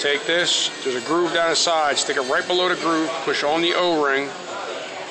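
Someone talks while handling an inner rubber O-ring for a 7.3L diesel fuel injector, pinching it and pushing it into the injector body's bore just below the internal groove. Only speech over a steady low background is heard, with no sharp sounds. The O-ring has not yet popped into the groove, and nothing has seated or clicked by the end of the clip.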